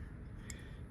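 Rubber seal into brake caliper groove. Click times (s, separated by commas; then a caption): 0.5 s. A rubber seal or boot is guided into its groove in a brake caliper during a rebuild until it snaps into place. A single short, sharp snap is heard at 0.5 s over a steady low background hum, confirming the seal is seated.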